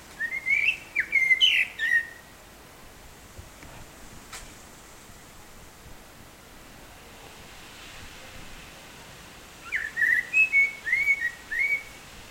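Blackbird song in two separate bursts of fluted whistles with scratchy high twitters, the first at the start and the second near the end, divided by about seven seconds of quiet.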